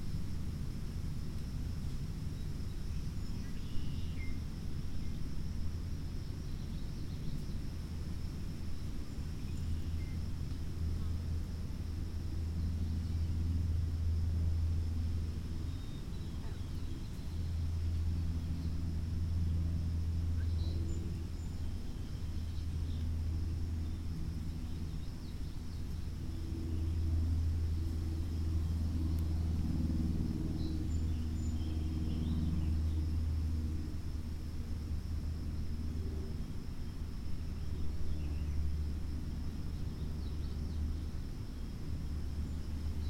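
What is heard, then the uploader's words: Wind rumbles low and steady through an oak and hickory stand, swelling in gusts, with a thin high whine and faint traffic underneath. Windy day in an oak and hickory stand adjacent to a mill pond.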